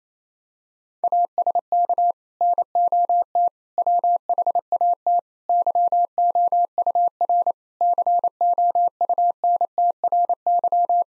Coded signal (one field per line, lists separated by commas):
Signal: Morse code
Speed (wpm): 27 wpm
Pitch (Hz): 700 Hz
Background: none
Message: ASK NOT WHAT YOUR COUNTRY